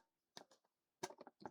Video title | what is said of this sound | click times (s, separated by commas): My pocket scope broke. Let's fix it. (ZOYI ZT-703S repair) | Okay. I just got it back in. Clicked into place. | 1.0 s